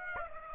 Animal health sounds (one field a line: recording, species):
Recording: mosquito wingbeat signal from an infrared sensor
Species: Aedes aegypti